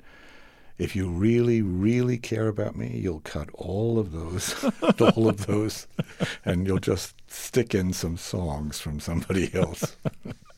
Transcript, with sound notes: And if you really, really care about me, you'll cut all of those...
(LAUGHTER)
...all of those, and you'll just stick in some songs from somebody else.